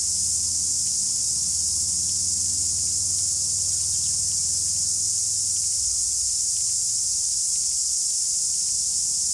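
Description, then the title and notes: Cicadas in chorus, a dense, unbroken high-pitched hiss-like buzz holding steady throughout, with faint low rumble beneath. Summer song of the forest; river-flat native broadleaf forest with ferns, tree-ferns, lianas, Pelorus river nature reserve, top of the South Island, New Zealand; spring. "Sound Escape 108: Exotic sounds of spring on a New Zealand river. The chorus of cicadas is the summer song of the forest"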